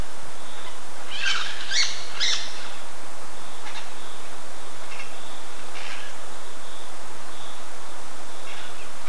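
Bird calls: a cluster of sharp, squawky notes early on, then a few fainter scattered calls over constant hiss.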